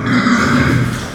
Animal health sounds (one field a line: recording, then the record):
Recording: squeal of a Yucatan mini pig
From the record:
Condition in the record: after surgery on the right vocal fold (resection and tissue-engineered implant)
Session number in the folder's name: 11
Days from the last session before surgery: 98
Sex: female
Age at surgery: 19 weeks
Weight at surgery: 25 kg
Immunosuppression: prednisolone